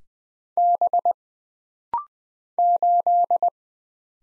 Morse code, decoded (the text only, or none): B 8